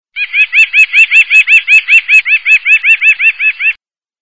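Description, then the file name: Bird singing a steady run of clear, arched chirps delivered rapidly and evenly for about three and a half seconds, then silence. "burungasing agroburung"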